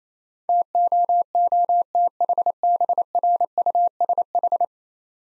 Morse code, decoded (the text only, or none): TOOTHBRUSH